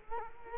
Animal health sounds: mosquito wingbeat signal from an infrared sensor; Culex quinquefasciatus

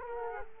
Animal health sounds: mosquito wingbeat signal from an infrared sensor; Culex quinquefasciatus

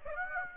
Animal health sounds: mosquito wingbeat signal from an infrared sensor; Aedes aegypti

